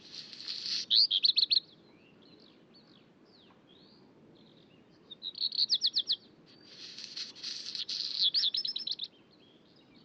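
Birds sing at daybreak on an alpine pass, with bright trilled phrases around one, six and eight seconds over a soft low rumble.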